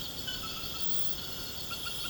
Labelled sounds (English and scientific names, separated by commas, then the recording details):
none
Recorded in pastures near Puerto Asís, Putumayo, Colombia, on 12 March 2025 at 22:30
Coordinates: 0.472, -76.329
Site G074